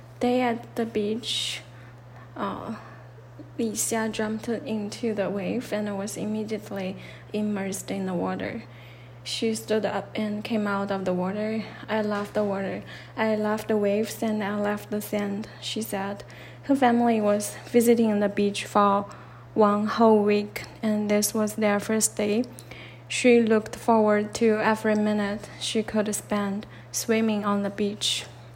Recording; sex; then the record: reading aloud after running; female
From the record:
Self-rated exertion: light exertion (2 of 6); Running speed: 6 miles an hour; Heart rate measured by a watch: 97 beats a minute at the start, 95 at the end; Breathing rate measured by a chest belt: 19 breaths a minute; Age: 30 years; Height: 160 cm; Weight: 51 kg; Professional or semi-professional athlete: no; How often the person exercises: 3 to 5 times a week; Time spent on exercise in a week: over 5 hours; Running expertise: no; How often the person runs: 3 to 5 times a week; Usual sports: running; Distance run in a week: 60 km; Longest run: 42 km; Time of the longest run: 267 minutes